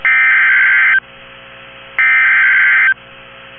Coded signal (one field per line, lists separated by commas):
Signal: Emergency Alert System (SAME) tones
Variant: header bursts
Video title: EAS #1,974 Online NOAA Weather Radio Severe T’storm Warning #12 5/20/25